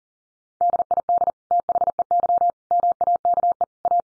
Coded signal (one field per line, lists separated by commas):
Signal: Morse code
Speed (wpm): 40 wpm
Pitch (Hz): 700 Hz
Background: none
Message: DID THEY MAKE A